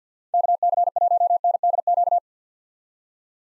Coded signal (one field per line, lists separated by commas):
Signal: Morse code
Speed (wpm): 50 wpm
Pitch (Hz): 700 Hz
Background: none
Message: KC1NDQ